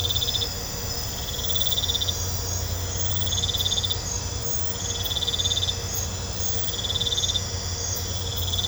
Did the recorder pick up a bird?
no